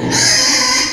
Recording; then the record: squeal of a Yucatan mini pig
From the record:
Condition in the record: before surgery on the right vocal fold (resection and tissue-engineered implant); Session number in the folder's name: 2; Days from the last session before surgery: 0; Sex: male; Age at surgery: 12 weeks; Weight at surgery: 13 kg